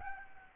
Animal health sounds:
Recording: mosquito wingbeat signal from an infrared sensor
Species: Aedes albopictus

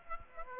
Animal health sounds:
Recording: mosquito wingbeat signal from an infrared sensor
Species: Aedes aegypti

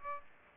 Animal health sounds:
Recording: mosquito wingbeat signal from an infrared sensor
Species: Aedes aegypti

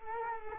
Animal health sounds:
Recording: mosquito wingbeat signal from an infrared sensor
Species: Culex quinquefasciatus

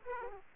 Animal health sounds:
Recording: mosquito wingbeat signal from an infrared sensor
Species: Aedes aegypti

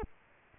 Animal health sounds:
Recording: mosquito wingbeat signal from an infrared sensor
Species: Culex quinquefasciatus

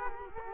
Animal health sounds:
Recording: mosquito wingbeat signal from an infrared sensor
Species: Culex quinquefasciatus

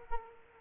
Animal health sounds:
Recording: mosquito wingbeat signal from an infrared sensor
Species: Culex quinquefasciatus

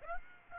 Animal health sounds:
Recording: mosquito wingbeat signal from an infrared sensor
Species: Aedes aegypti

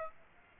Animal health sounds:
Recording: mosquito wingbeat signal from an infrared sensor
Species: Aedes aegypti

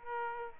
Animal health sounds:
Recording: mosquito wingbeat signal from an infrared sensor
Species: Aedes aegypti

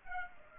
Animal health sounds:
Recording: mosquito wingbeat signal from an infrared sensor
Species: Culex pipiens

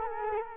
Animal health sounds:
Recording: mosquito wingbeat signal from an infrared sensor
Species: Culex quinquefasciatus

